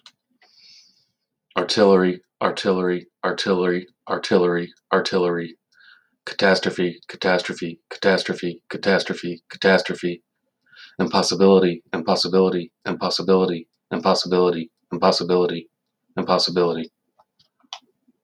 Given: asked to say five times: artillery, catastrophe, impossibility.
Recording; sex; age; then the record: three words, each repeated; male; 40 to 49 years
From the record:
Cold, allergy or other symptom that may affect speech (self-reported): no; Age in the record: 45 years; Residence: Indiana, United States